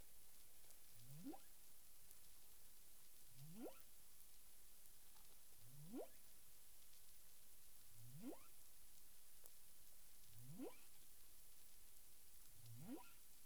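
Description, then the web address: Humpback whale producing a series of six rising upswept whoops, each starting low and climbing quickly, evenly spaced a little over two seconds apart against constant background hiss. Caribbean, 9 April 2002, 18:30 UTC, from the CARIMAM dataset. "CARIMAM clean data humpback whale 20020409 183053 UTC"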